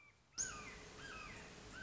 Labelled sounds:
Red-shouldered Hawk (Buteo lineatus)
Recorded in Sonoma County, California

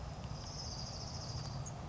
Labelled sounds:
Orange-crowned Warbler (Leiothlypis celata)
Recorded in Sonoma County, California

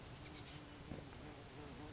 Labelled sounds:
Oak Titmouse (Baeolophus inornatus)
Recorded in Sonoma County, California

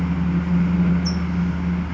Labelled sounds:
California Towhee (Melozone crissalis)
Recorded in Sonoma County, California

